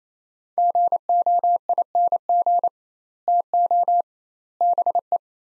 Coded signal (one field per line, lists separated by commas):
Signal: Morse code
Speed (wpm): 28 wpm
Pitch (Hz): 700 Hz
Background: none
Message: GOING TO BE